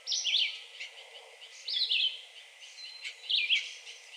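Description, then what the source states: Red-eyed Vireo singing three short, slurred whistled phrases with pauses between them, over a steady background hiss. Recorded 2 June 2020.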